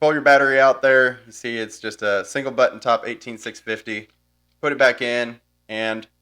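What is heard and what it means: A man talks while handling the battery compartment of a RIX Leap L3R LRF thermal rifle scope, pulling out the single button-top 18650 battery and putting it back in. Only speech is heard, with a pause near the end. Nothing has seated or clicked yet; the clip ends before the plastic battery door snaps shut.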